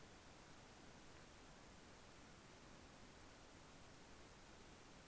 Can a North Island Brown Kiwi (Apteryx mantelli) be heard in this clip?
no